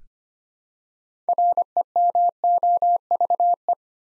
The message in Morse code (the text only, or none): REMOVE